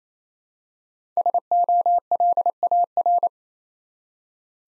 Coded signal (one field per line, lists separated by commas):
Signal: Morse code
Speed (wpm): 29 wpm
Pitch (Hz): 700 Hz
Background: none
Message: SOLAR